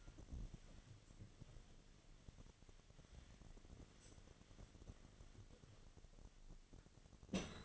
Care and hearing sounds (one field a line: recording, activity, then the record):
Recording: daily activity, microphone in the room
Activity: wipe stove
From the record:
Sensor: 4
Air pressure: 1007.8 hPa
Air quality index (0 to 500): 194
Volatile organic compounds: 6 ppm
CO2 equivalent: 1939 ppm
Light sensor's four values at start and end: 22/70/27/26 and 22/70/26/26